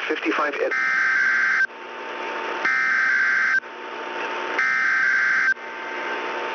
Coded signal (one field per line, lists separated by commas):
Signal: Emergency Alert System (SAME) tones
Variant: header bursts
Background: speech